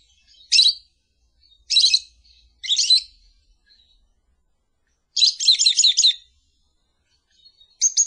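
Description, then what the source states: Lovebird chirps, three harsh high notes followed by a fast stuttering burst of several notes, then a final shrill call. Lure call used to attract lovebirds.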